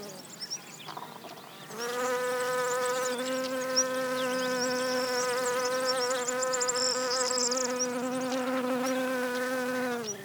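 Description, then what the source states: Honey bee giving a continuous droning buzz, steady in pitch for about eight seconds before fading away, with faint quieter buzzing at the start. Recorded at Genista (broom) plants.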